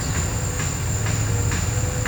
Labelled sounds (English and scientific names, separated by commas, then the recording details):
none
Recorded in pastures near Puerto Asís, Putumayo, Colombia, on 26 December 2024 at 14:30
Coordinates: 0.466, -76.322
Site G040